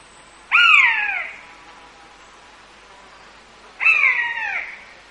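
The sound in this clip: Common buzzard giving two loud, drawn-out mewing calls, each starting high and sliding downward, about three seconds apart, over quiet background hiss.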